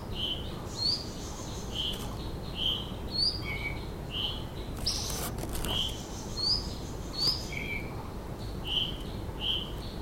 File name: flycatcher-white-tailed -Cyornis-concretus